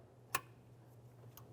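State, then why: Seated. A fuel supply line's quick-connect fitting on a 2004-2015 Nissan Titan engine is placed onto the fuel rail and pressed in, giving a sharp click at 0.4 s over a steady low hum. A fainter tick follows at 1.4 s. The connector is seated, and the line is tugged to confirm it is locked.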